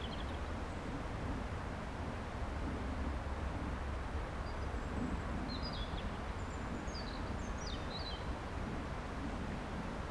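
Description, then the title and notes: European robin singing short, high, sparkling phrases, mostly in the second half, set against constant rushing water and a low engine hum. Autumn soundscape near the Guiers river, Saint-Genix-les-Villages, France, with a passing plane and flowing water. "Saint-Genix-les-Villages, France - Paysage d'automne. Paysage sonore près du Guiers, un avion de passage ,le chant d'un rouge-gorge, le bruissement de l'eau"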